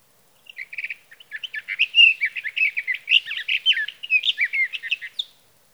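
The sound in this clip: Sage thrasher singing: a few stuttered notes build into an extended, rapid jumble of varied warbles and slurs, continuous and high-pitched.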